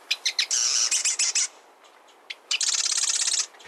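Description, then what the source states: Marsh Wren singing: a few clicking ticks lead into a grating, rattling trill, a short gap, then a second fast rasping buzz of rapid pulses. Song likened to the grating of a rusty hinge, or to air bubbles forcing their way through mud.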